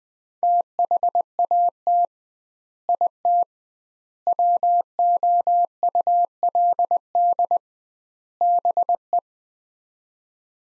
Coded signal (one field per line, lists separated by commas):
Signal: Morse code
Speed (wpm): 20 wpm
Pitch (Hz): 700 Hz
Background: none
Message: THAT IT WOULD BE